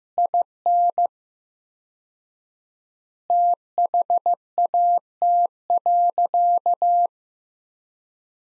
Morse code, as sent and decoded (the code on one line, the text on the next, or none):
.. -. / - .... .- - .-.-.-
IN THAT.